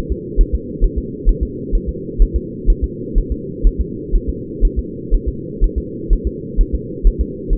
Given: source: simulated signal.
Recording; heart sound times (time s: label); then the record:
fetal heart sounds
0.12 s: S2
0.41 s: S1
0.55 s: S2
0.84 s: S1
0.98 s: S2
1.29 s: S1
1.43 s: S2
1.75 s: S1
1.89 s: S2
2.22 s: S1
2.36 s: S2
2.70 s: S1
2.84 s: S2
3.18 s: S1
3.32 s: S2
3.67 s: S1
3.81 s: S2
4.16 s: S1
4.30 s: S2
4.65 s: S1
4.79 s: S2
5.14 s: S1
5.28 s: S2
5.64 s: S1
5.78 s: S2
6.13 s: S1
6.27 s: S2
6.61 s: S1
6.75 s: S2
7.07 s: S1
7.21 s: S2
7.53 s: S1
From the record:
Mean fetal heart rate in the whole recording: 130 bpm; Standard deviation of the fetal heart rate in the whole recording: 4 bpm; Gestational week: 38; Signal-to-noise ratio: -4.1 dB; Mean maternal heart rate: no maternal heart sound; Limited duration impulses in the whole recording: absent